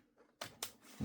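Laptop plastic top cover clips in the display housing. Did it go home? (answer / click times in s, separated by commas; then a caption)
released / 0.4 s, 0.6 s. The plastic top cover of an HP Envy x360 2-in-1 laptop is pried off, and its clips in the display housing pop open with two sharp clicks at 0.4 s and 0.6 s. A low thump follows near the end. The top is released and confirmed not glued.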